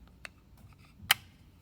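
Enacfire E60 wireless earbuds are dropped back into their plastic charging case, where magnetic connectors pull them into place and they grab instantly. A light click is heard at 0.3 s and a much louder, sharp snap at 1.1 s as each earbud seats, with faint ticks in between. Both earbuds sit firmly in the case.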